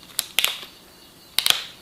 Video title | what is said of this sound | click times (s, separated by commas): CORDLESS DRILL | when you hear that the drill is tight and you're good to go | 0.2 s, 0.4 s, 1.4 s, 1.5 s